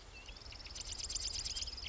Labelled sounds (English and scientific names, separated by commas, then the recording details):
Marsh Wren (Cistothorus palustris)
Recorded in Sonoma County, California